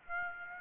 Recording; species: mosquito wingbeat signal from an infrared sensor; Aedes aegypti